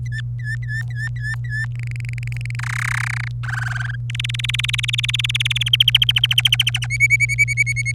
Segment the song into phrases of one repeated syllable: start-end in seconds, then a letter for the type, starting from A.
0.06-1.65 A, 1.75-2.55 B, 2.59-3.28 C, 3.43-3.96 D, 4.10-5.63 E, 5.66-6.86 F, 6.90-7.92 G